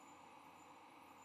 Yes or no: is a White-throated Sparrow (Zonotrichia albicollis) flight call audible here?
no